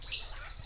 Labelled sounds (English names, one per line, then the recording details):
Stitchbird song
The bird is a male
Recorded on Tiritiri Matangi Island, New Zealand, in 2005
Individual 5, of nest box 6